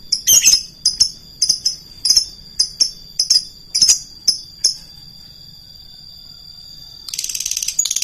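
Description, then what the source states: Lovebird making a quick series of sharp, high chirps for about five seconds, then a pause, followed by a burst of hissing noise; a steady high whine continues throughout. Call style named konslet.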